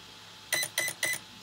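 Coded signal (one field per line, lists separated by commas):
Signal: beep code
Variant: Arrma ESC programming beeps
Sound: three short electronic beeps, evenly spaced, in a quiet room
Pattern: 3 short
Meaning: The third beep selects the brake strength setting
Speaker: i'm going to let go after i hear it go to the third beep because that is the break setting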